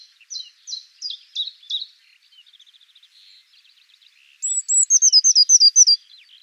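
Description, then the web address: Eurasian blue tit calling: five short high downslurred notes, a stretch of faint thin ticking, then a bright, rapid trill of hooked notes near the end. "cianscape birddata Deverinetal 2025 File origin Bird Only Cy Ca"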